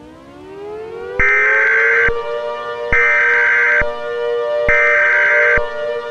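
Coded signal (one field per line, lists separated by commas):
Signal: Emergency Alert System (SAME) tones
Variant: header bursts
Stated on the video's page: Fictional scenario, not a real EAS broadcast; tones may or may not be valid.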